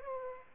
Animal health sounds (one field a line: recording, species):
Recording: mosquito wingbeat signal from an infrared sensor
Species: Aedes aegypti